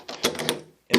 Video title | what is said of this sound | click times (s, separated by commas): [213] DIY How To Easily Install A Schalge Door Lock With Only A Screwdriver | we're going to push it till we get to the click | 0.9 s